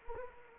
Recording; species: mosquito wingbeat signal from an infrared sensor; Anopheles arabiensis